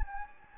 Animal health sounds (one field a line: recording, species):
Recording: mosquito wingbeat signal from an infrared sensor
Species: Anopheles gambiae